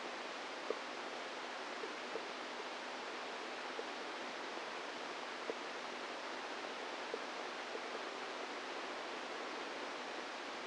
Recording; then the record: brain microelectrode recording played as sound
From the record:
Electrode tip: inside the subthalamic nucleus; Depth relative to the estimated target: -1 mm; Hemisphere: right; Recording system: NeuroSet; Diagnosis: Parkinson's disease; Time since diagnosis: 10 years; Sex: female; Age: 45 years